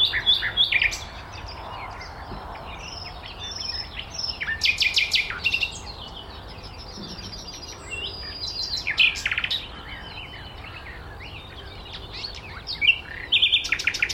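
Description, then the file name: Common nightingale singing varied phrases of sharp clicks, short whistles and brief buzzy rattles, spaced by quieter gaps with faint chirps and steady hiss. "Luscinia megarhynchos"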